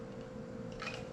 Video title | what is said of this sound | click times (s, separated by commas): Is This The Best Backcountry Camping Stove? | snaps into place somehow. There we go, just like that. | 0.8 s